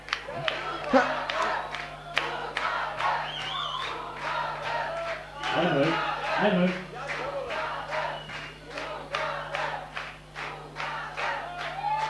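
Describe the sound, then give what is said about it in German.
A crowd at the Rockpalast Koblenz shouts loudly together, a sustained, dense roar of many voices with rising yells, punctuated by sharp claps and whoops throughout. “Wenn, dann müsst ihr schon alle schreien.”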